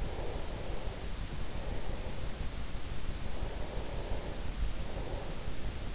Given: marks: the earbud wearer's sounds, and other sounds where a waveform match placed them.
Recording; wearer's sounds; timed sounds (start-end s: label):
sounds in sleep by an in-ear microphone; breath
0.14-2.66 s: breath
3.51-5.91 s: breath